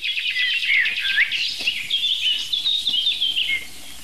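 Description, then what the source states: Bunting song: a busy run of high chirps and short slurred notes. Bunting singing the same strophe repeatedly; this species has strong song dialects like the chaffinch; described as tinny and slightly sad.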